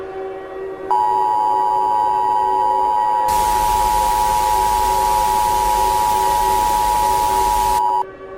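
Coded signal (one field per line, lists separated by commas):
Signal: Emergency Alert System (SAME) tones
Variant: 853 and 960 Hz attention tone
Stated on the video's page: Recreated, fictional EAS scenario made for entertainment, using valid EAS tones.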